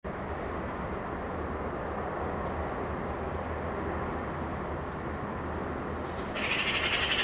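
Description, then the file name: Eurasian magpie rattle beginning near the end, a single harsh rapid chatter cut off, after several seconds of steady low rumble alone. "Pica pica"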